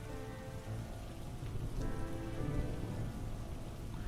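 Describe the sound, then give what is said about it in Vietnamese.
Steady, heavy rain hisses without pause at night over a wide road, with a low rolling rumble of thunder underneath and a faint tonal hum running through it. No one speaks. “Trời đã bắt đầu chuyển mưa, sấm sét trên bầu trời giáng xuống.”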